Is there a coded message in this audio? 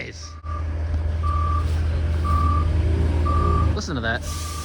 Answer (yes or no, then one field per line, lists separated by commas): no